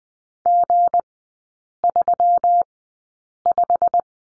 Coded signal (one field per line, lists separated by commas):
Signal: Morse code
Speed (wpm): 20 wpm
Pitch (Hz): 700 Hz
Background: none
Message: G35